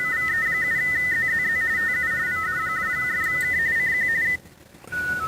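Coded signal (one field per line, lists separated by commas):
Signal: RTTY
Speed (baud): 45.45 baud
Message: VE7ZZZ TU VE2FK CQ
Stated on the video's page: Weekly RTTY test sent from an FDX10 into a 29.5 ft end-fed antenna with 9:1 unun and manual tuner.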